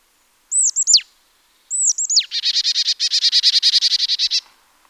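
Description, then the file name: Marsh tit calls: two clusters of sharp hooked down-slurred notes, then a long fast buzzy chatter of many repeated notes. "Poecile palustris"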